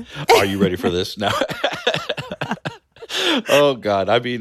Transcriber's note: laughter